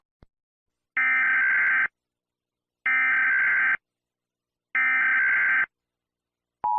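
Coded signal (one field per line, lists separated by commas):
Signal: Emergency Alert System (SAME) tones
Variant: header bursts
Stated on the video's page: Fictional EAS scenario.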